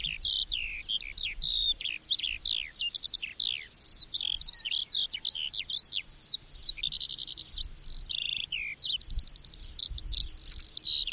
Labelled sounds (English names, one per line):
Eurasian Skylark song